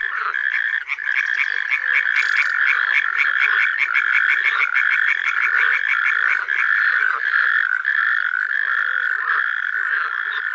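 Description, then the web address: Many frogs calling together, a continuous chorus of fast rattling croaks, individual pulses repeating quickly over a constant background hum of callers. Frog concert (chorus) recorded in a forest. "Tajemnice puszczy Koncert zab"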